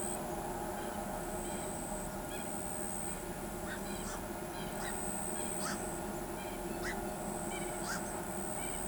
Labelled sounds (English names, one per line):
Southern Lapwing